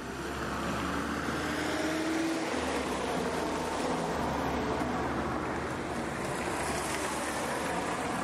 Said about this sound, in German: Vom Krasnojarsker Bahnhof fahren wir mit dem Bus nach Zelenogorsk.